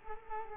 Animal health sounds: mosquito wingbeat signal from an infrared sensor; Culex quinquefasciatus

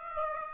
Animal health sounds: mosquito wingbeat signal from an infrared sensor; Aedes aegypti

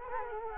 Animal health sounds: mosquito wingbeat signal from an infrared sensor; Culex quinquefasciatus

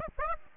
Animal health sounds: mosquito wingbeat signal from an infrared sensor; Aedes aegypti

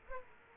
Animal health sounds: mosquito wingbeat signal from an infrared sensor; Aedes aegypti

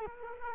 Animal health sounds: mosquito wingbeat signal from an infrared sensor; Culex quinquefasciatus

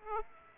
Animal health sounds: mosquito wingbeat signal from an infrared sensor; Aedes aegypti

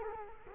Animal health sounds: mosquito wingbeat signal from an infrared sensor; Culex quinquefasciatus

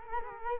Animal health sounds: mosquito wingbeat signal from an infrared sensor; Culex quinquefasciatus

